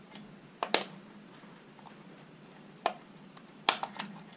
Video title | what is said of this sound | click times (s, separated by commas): Black Box Reef Light Hack - Adjusting the white led channel wattage | and this back cover will pop off | 0.6 s, 0.7 s, 2.9 s, 3.7 s